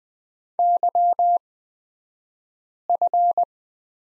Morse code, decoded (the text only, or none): YF